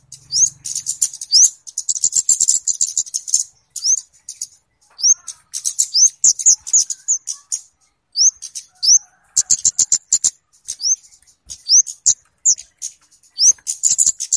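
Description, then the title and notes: Flowerpecker chirping: dense runs of very high ticking notes broken by brief pauses, with frequent quick upslurred chips. Local names kemade and cabe cabean; clear recording used as a lure for catching birds (pikat). "Kicau Burung Kemade ( Cabe Cabean) Jernih. Suara Burung Cabe Cabean Pikat"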